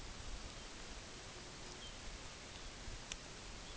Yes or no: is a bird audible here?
yes